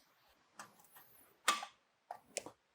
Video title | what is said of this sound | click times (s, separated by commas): Mid Pipe Cat Delete on KTM 790 890 Adventure - Catalytic Converter Removal | there we go perfect I heard it snap into place | 2.4 s